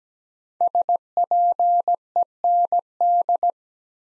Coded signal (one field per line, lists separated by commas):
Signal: Morse code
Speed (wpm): 17 wpm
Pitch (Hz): 700 Hz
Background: none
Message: SPEND